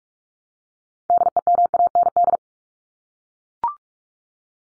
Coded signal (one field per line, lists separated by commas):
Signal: Morse code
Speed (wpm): 44 wpm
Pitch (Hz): 700 Hz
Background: none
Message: DEMAND